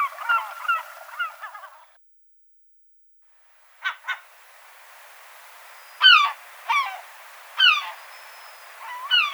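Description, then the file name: Herring gull with a string of nasal squeals, two sharp clipped notes after a gap, then several separate loud yelping cries. "CHajka serebristaja"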